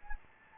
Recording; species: mosquito wingbeat signal from an infrared sensor; Anopheles gambiae